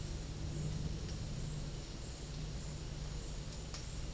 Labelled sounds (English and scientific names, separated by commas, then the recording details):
none
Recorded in dense forest near Puerto Asís, Putumayo, Colombia, on 4 March 2025 at 11:30
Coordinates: 0.484, -76.325
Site G045